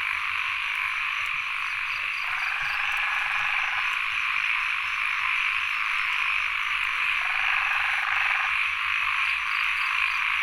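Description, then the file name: Frog giving two pulsed trills that stand out over a steady high insect drone. Frogs and insects recorded at Sen Monorom, Cambodia. "Les Cartes Postales Sonores. Insects Frogs of Sen Monorom"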